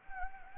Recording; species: mosquito wingbeat signal from an infrared sensor; Anopheles gambiae